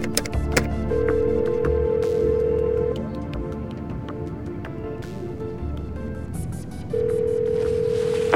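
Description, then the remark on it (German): A satellite phone on an airplane being dialed: scattered sharp key clicks over a low steady hum, then a flat mid-pitched ringing tone sounding in two long, even bursts separated by a pause. “Entschuldigen Sie mich kurz, ich muss telefonieren. Vor einem Flugzeug gibt es ein Satellitentelefon.”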